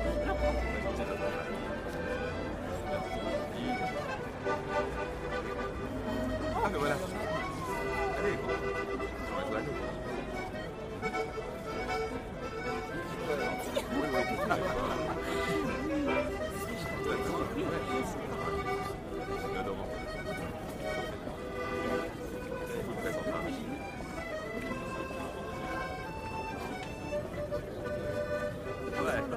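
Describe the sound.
Parisian cafe ambience: many voices talk over one another in a steady, dense murmur that never drops out. Sustained tones run underneath, likely soft music, and the overall level stays even for the whole half minute with only small swells.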